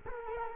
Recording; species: mosquito wingbeat signal from an infrared sensor; Culex quinquefasciatus